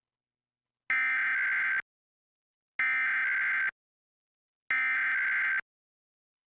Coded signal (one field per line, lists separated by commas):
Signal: Emergency Alert System (SAME) tones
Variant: header bursts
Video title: Santa Barbara Required Monthly Test (EAS #1223-1225) 9/6/23